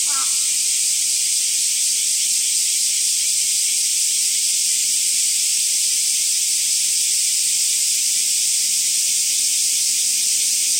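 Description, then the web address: Bear cicada buzzing song, a loud, steady, high-pitched hiss that holds without a break throughout. Recorded on 31 July 2014. "birdenaga kumazemi"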